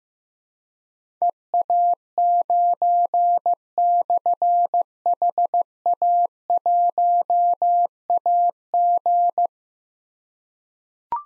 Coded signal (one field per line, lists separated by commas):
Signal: Morse code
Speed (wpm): 15 wpm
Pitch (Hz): 700 Hz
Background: none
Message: EA9/HA1AG